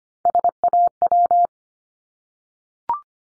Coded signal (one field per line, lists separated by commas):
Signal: Morse code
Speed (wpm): 25 wpm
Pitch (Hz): 700 Hz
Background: none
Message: SAW